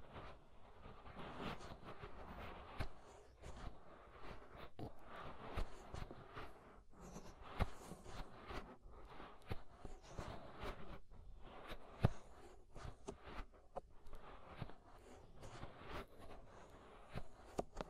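Ear scraping sounds run through the whole 18 seconds as a dense, continuous rustle and grind, full in the low and middle range with little bright top. Short sharp clicks and scratches break through irregularly, with a crisp snap near twelve seconds.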